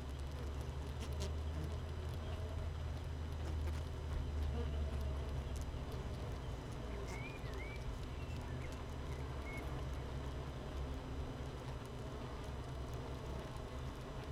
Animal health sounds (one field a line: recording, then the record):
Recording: honeybee colony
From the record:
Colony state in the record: missing queen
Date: 31 May 2018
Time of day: 7:23